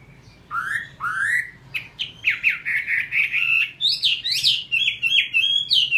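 Chinese hwamei song opening with rising whistled slurs, then a lively flow of rich, warbling phrases with occasional higher notes over a faint hum.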